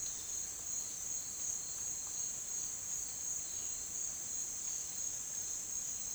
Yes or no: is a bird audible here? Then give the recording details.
no. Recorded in dense forest near Puerto Asís, Putumayo, Colombia, on 25 June 2025 at 09:30. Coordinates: 0.466, -76.327. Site GP04